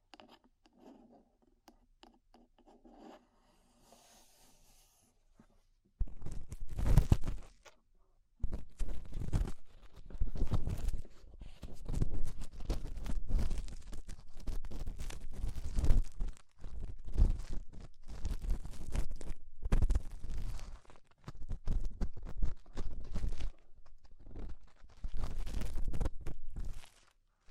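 Ear cleaning sounds with rhinestone and clay being removed: after a few seconds of near silence with faint faraway murmurs, dense scratchy rubbing and crunching begins around six seconds. Sticky crackles, taps and scrapes follow in quick irregular bursts, with brief pauses, through to the end.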